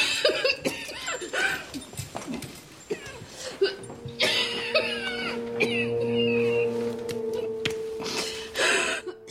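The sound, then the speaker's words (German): A woman's laughter dissolves into a fit of ragged coughing, with sharp breathy bursts, hiccup-like catches and a strained, wheezing voiced stretch in the middle before more coughs. “Das Lachen der Konsulin geht in Husten über.”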